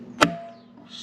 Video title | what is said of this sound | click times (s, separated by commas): How To Install A Slip On Exhaust On A Harley Softail Lowrider St | you know click it and you're going to fill it snap | 0.2 s